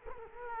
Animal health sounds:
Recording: mosquito wingbeat signal from an infrared sensor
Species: Culex quinquefasciatus

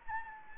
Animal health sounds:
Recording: mosquito wingbeat signal from an infrared sensor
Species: Anopheles gambiae

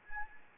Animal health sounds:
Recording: mosquito wingbeat signal from an infrared sensor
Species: Anopheles gambiae

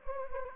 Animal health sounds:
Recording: mosquito wingbeat signal from an infrared sensor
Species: Anopheles gambiae

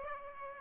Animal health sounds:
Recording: mosquito wingbeat signal from an infrared sensor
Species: Aedes aegypti

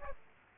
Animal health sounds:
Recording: mosquito wingbeat signal from an infrared sensor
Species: Aedes aegypti

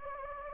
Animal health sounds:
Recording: mosquito wingbeat signal from an infrared sensor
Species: Anopheles gambiae

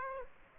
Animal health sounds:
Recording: mosquito wingbeat signal from an infrared sensor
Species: Aedes aegypti

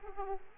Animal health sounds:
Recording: mosquito wingbeat signal from an infrared sensor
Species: Aedes aegypti

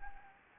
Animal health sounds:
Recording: mosquito wingbeat signal from an infrared sensor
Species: Anopheles gambiae

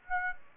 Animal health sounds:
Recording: mosquito wingbeat signal from an infrared sensor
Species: Aedes aegypti

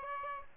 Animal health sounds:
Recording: mosquito wingbeat signal from an infrared sensor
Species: Aedes albopictus

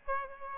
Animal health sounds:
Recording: mosquito wingbeat signal from an infrared sensor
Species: Aedes albopictus

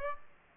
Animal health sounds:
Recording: mosquito wingbeat signal from an infrared sensor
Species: Aedes aegypti

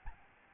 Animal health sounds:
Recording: mosquito wingbeat signal from an infrared sensor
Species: Aedes albopictus

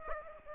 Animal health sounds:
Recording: mosquito wingbeat signal from an infrared sensor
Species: Aedes aegypti

